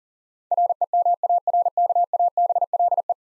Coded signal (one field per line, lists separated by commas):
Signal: Morse code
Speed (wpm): 40 wpm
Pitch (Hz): 700 Hz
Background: none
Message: REMARKABLE